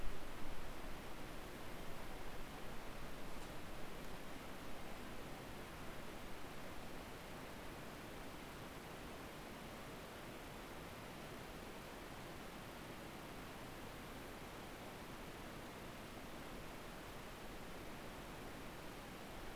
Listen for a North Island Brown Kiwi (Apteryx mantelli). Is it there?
no